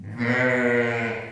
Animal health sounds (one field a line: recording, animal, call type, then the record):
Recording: contact call of a hoofed animal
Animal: sheep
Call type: low-frequency (closed-mouth) or high-frequency (open-mouth) call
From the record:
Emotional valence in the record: negative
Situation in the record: short social isolation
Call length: 1.33 s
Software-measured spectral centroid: 1660 Hz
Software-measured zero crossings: 1980 a second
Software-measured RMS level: -23 dBFS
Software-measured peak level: -9 dBFS